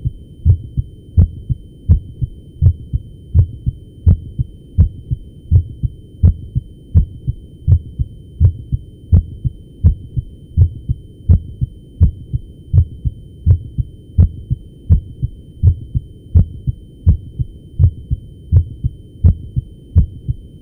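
Regular low thumps at about 83 beats a minute, with a steady rhythm and no added sounds between beats: normal basic heart sounds of an adult heard over the cardiac apex. A faint steady hum runs underneath.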